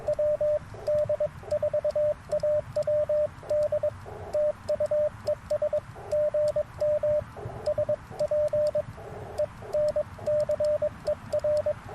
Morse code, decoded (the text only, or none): WD4AWD TU ES GM SPENCER